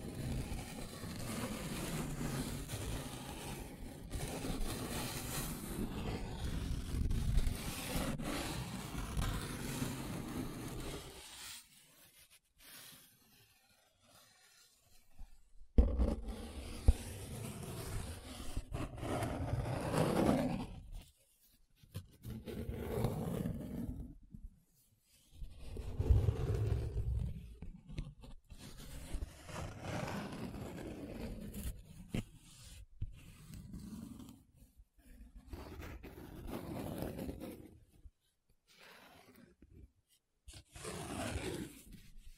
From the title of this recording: Paper Sounds Tracing, Scratching, Rubbing